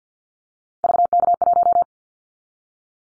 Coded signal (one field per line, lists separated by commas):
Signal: Morse code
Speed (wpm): 50 wpm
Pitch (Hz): 700 Hz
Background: none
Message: VK1